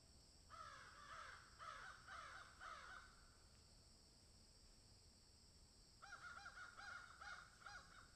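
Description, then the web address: Crow giving a run of rasping caws, a quiet gap of a few seconds, then another rapid series of harsh caws. "ворона"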